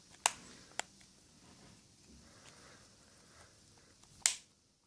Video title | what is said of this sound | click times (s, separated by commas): HTC Desire 620 Unboxing and Hands-On - First Boot | so once it snaps into place let's start it up for the first time | 0.3 s, 0.8 s, 4.3 s